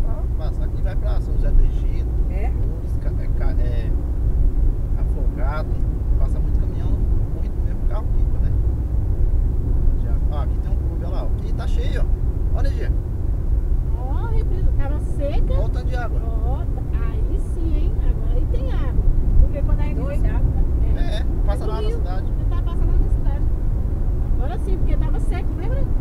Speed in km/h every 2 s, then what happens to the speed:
77, 79, 83, 82, 83, 80, 77, 77, 83, 87, 90, 90, 96.
0-4 speeds up to 83. 4-14 slows to 77. 14-26 speeds up to 96.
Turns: none.